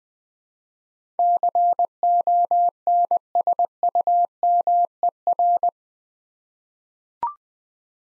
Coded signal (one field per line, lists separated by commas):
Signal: Morse code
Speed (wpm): 20 wpm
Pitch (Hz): 700 Hz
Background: none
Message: CONSUMER